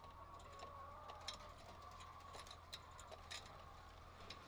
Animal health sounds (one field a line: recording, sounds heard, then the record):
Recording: poultry house recording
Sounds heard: healthy chickens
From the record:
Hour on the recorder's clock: 1